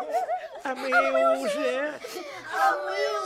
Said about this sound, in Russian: А мы уже плачем!